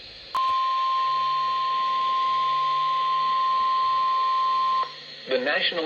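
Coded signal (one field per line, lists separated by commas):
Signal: Emergency Alert System (SAME) tones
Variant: 1050 Hz attention tone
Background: speech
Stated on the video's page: Compilation of EAS alerts.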